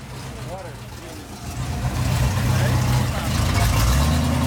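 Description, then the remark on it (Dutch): A truck filled with drinking water drives past, its deep engine rumble and broad road noise swelling steadily louder over a few seconds and holding at a loud, continuous roar. “Er rijdt een vrachtwagen langs, gevuld met drinkwater.”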